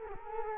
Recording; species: mosquito wingbeat signal from an infrared sensor; Culex quinquefasciatus